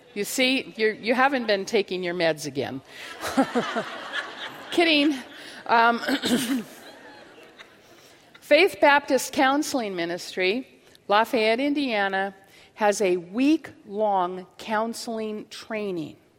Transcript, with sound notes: You see, you haven't been taking your meds again. (laughter) Kidding. Faith Baptist Counseling Ministries, Lafayette, Indiana, has a weeklong counseling training